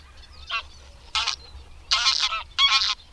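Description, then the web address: Greylag goose honking, four loud nasal honks, the last two longer and harsher, over a faint low hum. "Madardalok. Nyári lúd"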